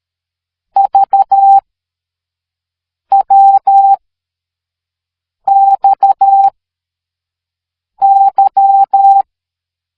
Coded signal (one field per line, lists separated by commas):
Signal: Morse code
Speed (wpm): 13 wpm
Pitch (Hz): 790 Hz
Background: none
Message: V W X Y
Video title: Morse Code | LearnItAll